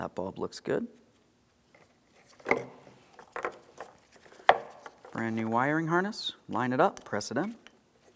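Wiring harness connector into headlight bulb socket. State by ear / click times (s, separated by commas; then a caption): not seated / none. Someone talks while a brand new headlight wiring harness connector is lined up and pressed toward the headlight bulb socket of a 2007-2014 GMC Sierra 2500 HD, with the bulb looking good. Short sharp handling knocks are heard around 2.5 s and 4.5 s between the talking. Nothing has seated or clicked yet.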